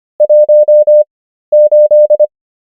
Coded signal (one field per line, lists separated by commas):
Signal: Morse code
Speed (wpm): 25 wpm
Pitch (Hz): 600 Hz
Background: none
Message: 18